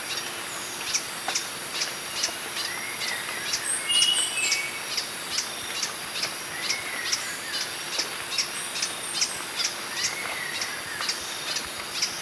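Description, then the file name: Green hermit gives a rapid series of thin, high clicking notes at an even pace, mixed with occasional slurred whistles and a constant buzzing insect chorus. "Phaethornis guy - Green Hermit"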